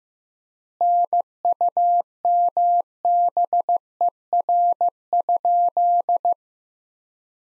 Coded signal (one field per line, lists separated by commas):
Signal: Morse code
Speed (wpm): 15 wpm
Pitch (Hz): 700 Hz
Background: none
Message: NUMBER?